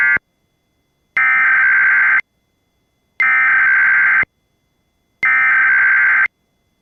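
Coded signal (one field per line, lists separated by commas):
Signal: Emergency Alert System (SAME) tones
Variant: header bursts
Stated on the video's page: Mock National Periodic Test alert tones, not a real broadcast.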